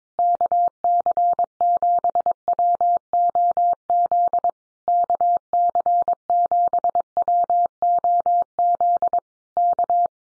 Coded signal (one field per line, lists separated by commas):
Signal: Morse code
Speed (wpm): 22 wpm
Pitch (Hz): 700 Hz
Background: none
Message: KC7WOZ KC7WOZ K